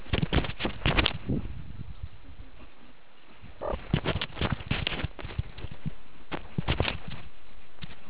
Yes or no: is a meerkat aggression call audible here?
no